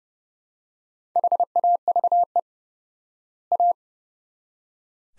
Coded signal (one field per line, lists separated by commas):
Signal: Morse code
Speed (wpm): 30 wpm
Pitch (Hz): 700 Hz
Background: none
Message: HAVE A